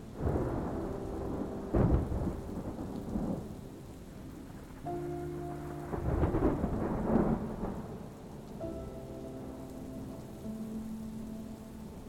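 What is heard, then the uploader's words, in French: Rain murmurs steadily under deep, rolling thunder that swells near the start around two seconds and again at six to seven seconds. Soft, sustained music tones enter midway and hold low and gentle beneath the storm until the end. Le murmure de la pluie se mêle à des éclats de tonnerre lointains. La musique douce accompagne délicatement les sons de la tempête.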